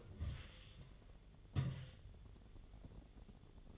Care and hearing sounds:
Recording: daily activity, microphone in the room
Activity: take from stove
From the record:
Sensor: 4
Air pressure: 1010.8 hPa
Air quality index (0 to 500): 166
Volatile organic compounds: 4 ppm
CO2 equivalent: 1687 ppm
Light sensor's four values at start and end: 40/115/46/47 and 40/114/46/47

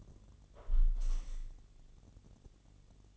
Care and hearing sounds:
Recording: daily activity, microphone in the room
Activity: close window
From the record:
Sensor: 4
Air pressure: 1015.6 hPa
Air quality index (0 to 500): 118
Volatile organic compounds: 3 ppm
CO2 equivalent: 1320 ppm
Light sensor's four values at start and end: 9/20/8/7 and 9/20/8/7

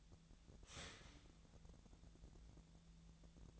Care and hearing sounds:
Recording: daily activity, microphone in the room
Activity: start toaster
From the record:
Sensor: 3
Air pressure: 1000.2 hPa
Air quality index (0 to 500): 157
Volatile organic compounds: 3 ppm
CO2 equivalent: 1384 ppm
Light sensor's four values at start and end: 29/74/31/33 and 30/77/32/34

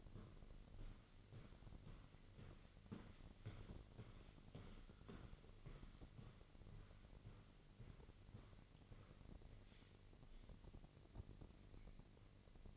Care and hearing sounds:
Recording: daily activity, microphone in the room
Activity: walk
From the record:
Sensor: 4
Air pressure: 1002.5 hPa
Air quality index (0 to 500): 220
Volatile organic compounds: 12 ppm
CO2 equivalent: 2375 ppm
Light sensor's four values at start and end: 21/72/26/26 and 21/72/27/26

